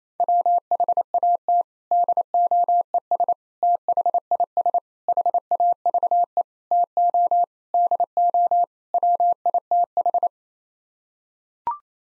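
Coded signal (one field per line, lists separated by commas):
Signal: Morse code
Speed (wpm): 28 wpm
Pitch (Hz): 700 Hz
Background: none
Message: WHAT DOES THIS HAVE TO DO WITH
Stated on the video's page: Head-copy drill of seven-word groups in Morse at 28 wpm, each group sent, then spoken, then sent again.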